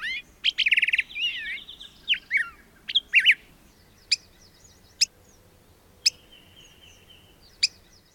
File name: Black-headed Grosbeak